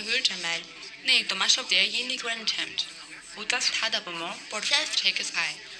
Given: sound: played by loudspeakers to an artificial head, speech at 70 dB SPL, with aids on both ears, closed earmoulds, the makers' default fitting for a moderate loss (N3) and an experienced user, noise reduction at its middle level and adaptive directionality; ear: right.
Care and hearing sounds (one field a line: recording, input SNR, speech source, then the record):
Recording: speech test signal (ISTS) in cocktail-party noise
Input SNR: +6 dB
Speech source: in front (0 degrees)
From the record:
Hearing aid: class 1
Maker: B